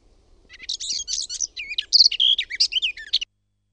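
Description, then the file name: Garden warbler song: one continuous rapid warble of mixed mellow and scratchy notes lasting nearly three seconds, then silence. "LEHTOKERTTU"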